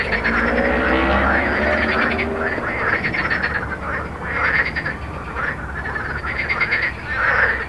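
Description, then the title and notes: Frogs calling in a dense chorus, rapid pulsed croaks in bursts that swell and fade every second or two, over steady low traffic rumble. Frogs recorded at Jardins de la Ligne, Montaudran, Toulouse, France, with road noise, recorded on a Zoom H4n. "Jardins de la Ligne, 1 Rue Jacqueline Auriol, 31400 Toulouse, France - Frog Montaudran. Frog and road captation zoom h4n"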